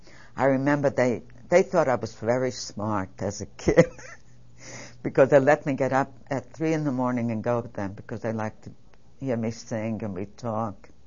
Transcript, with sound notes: I remember they, they thought I was very smart as a kid. (She laughs.) Because they let me get up at three in the morning and go with them because they liked to hear me sing and we talked.